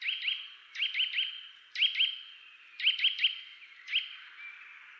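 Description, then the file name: Eurasian nuthatch repeating quick clusters of one to three sharp whistled notes, roughly once a second. "Sitta europaea"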